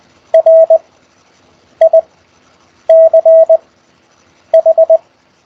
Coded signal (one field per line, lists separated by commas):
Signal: Morse code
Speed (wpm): 20 wpm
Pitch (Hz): 650 Hz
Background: none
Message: RICH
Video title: CW Morse Code QSO Practice Over Skype Week Eight